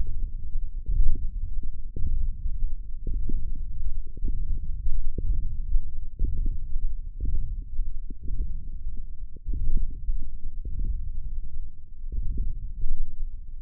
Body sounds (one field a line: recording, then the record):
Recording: forearm muscle sounds (acoustic myography)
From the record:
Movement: radial deviation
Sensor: system 1, eight BSWA MPA416 microphones around the upper forearm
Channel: 5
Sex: female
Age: 22 years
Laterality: right